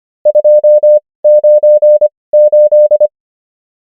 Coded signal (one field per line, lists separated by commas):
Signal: Morse code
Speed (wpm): 25 wpm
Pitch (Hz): 600 Hz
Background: none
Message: 2 9 8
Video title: morse code practice | 25wpm | 19fw | numbers | ENGLISH